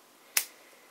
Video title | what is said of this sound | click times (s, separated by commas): Fountain Pen Shootout #22: Parker Frontier vs. Parker Latitude | and it snaps back in place | 0.4 s